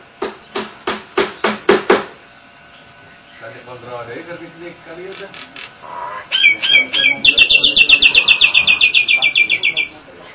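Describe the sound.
Nias hill myna starts with evenly spaced harsh clicks, moves into soft chattering, then ends with a quick run of bright rattling notes.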